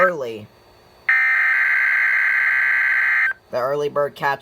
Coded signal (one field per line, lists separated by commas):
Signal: Emergency Alert System (SAME) tones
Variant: header bursts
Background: speech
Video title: RWT on NOAA Weather Radio and TV (EAS #13) 2022/01/25